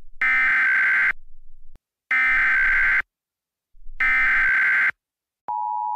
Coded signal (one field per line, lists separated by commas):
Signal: Emergency Alert System (SAME) tones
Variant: header bursts